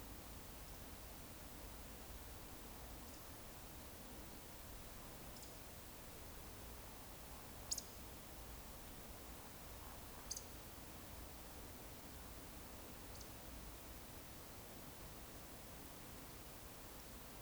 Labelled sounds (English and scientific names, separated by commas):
Eurasian Woodcock (Scolopax rusticola)